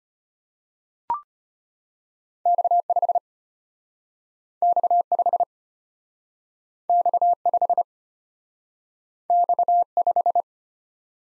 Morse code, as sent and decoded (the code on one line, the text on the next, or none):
-..- ..... / -..- ..... / -..- ..... / -..- .....
X5 X5 X5 X5